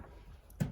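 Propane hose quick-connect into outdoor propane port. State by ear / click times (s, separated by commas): seated / 0.6 s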